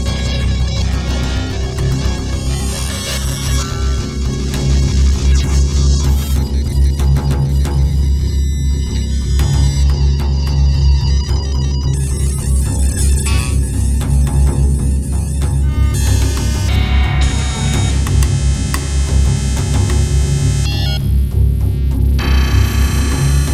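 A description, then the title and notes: A rotating megaphone array drones with a dense, throbbing low hum, while bright tones and crackly bursts shift and change throughout, especially mid-clip. Rotating megaphone array.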